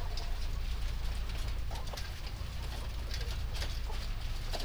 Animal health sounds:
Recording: poultry house recording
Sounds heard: sick chickens (respiratory disease)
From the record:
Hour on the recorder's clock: 21

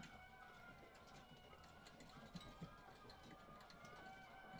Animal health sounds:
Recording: poultry house recording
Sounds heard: healthy chickens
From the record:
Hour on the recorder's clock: 18

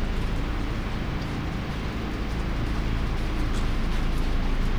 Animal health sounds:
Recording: poultry house recording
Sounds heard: sick chickens (respiratory disease)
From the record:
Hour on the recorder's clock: 0

